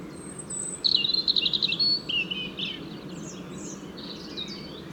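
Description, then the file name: European robin song: a bright, rapid run of high notes lasting under two seconds, then softer thin notes, over low background noise. "Erithacus rubecula"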